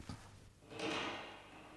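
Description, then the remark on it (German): A cutlery drawer is yanked open: a brief knock at the start, then a loud, sustained scraping slide with a faint metallic rattle of cutlery that fades slowly. No voices. “Ja, die Küchentür. Jetzt die vom Esszimmer. Und die Schublade mit den Bestecken.”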